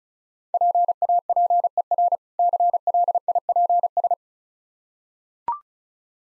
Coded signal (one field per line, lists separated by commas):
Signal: Morse code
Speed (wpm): 36 wpm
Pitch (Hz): 700 Hz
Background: none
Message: PAPER CLIPS